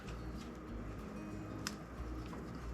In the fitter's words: till it clicks there did you hear it click